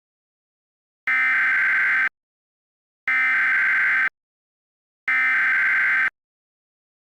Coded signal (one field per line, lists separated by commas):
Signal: Emergency Alert System (SAME) tones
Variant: header bursts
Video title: EAS Scenario 4: The Box Invaders | Part 1